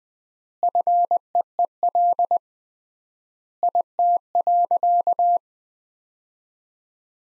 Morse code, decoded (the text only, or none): FEEL IT.